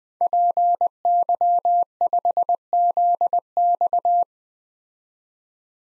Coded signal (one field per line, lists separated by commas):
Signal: Morse code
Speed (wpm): 20 wpm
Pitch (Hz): 700 Hz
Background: none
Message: PY5ZX